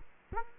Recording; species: mosquito wingbeat signal from an infrared sensor; Culex quinquefasciatus